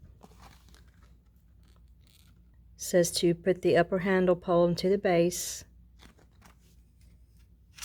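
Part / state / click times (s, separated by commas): upper handle pole into carpet cleaner base / not seated / none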